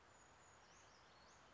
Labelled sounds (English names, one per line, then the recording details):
Brown Creeper
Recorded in Sonoma County, California